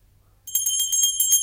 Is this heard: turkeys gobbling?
no